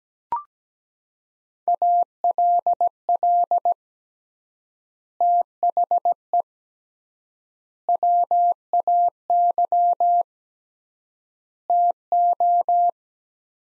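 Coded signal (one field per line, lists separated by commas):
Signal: Morse code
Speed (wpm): 17 wpm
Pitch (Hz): 700 Hz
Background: none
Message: ALL THE WAY TO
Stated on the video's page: Morse practice of five-word sets at 17 wpm with 3x word spacing, a Farnsworth-like method using words instead of characters.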